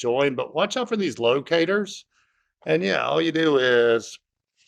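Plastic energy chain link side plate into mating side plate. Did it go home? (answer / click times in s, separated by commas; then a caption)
no / none. Two side plates of a plastic Igus cable energy chain link are being handled, to be slid together past their locators until they snap into place. Someone talks throughout, with a short pause around 2.0 to 2.6 seconds. Nothing has seated or clicked yet.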